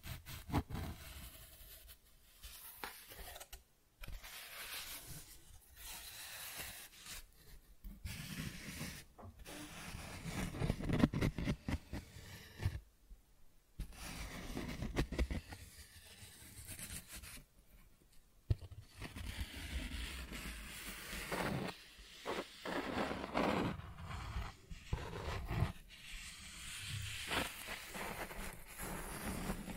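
Cardboard is scratched and traced in uneven bursts of dry, rough rasping, some strokes long and grinding, others short and scraping. Brief silent gaps break the activity near 4, 13 and 18 seconds. The sound is fairly bright.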